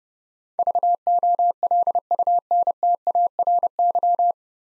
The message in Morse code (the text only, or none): VOLUNTARY